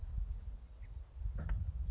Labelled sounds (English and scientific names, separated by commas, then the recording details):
Blue-gray Gnatcatcher (Polioptila caerulea)
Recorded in Sonoma County, California